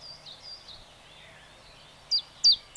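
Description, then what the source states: Common Chiffchaff song, faint high notes, then three loud sharp notes at the end. Field recording by Sten Wahlström, Sweden, on the Sveriges Ornitologiska Förening cassette Fåglar I Vår Närhet; Swedish name gransångare.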